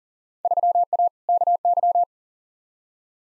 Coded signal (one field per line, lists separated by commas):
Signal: Morse code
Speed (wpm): 40 wpm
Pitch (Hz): 700 Hz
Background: none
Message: 3A KY